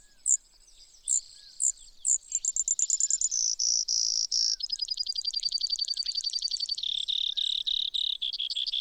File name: Brewer's Sparrow